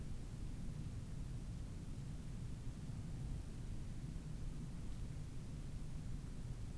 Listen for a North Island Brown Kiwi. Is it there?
no